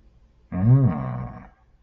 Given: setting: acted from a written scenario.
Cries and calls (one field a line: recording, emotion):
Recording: vocal sound without words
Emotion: desire